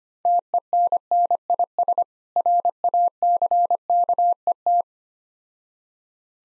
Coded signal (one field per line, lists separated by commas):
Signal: Morse code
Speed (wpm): 25 wpm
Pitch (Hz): 700 Hz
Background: none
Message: TENNIS RACKET